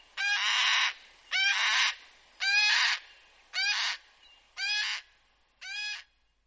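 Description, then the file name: Black cockatoo calls: six rasping, grating screeches repeated about once a second, each half a second long, the final ones slightly briefer. "Black Cocky"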